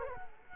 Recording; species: mosquito wingbeat signal from an infrared sensor; Culex quinquefasciatus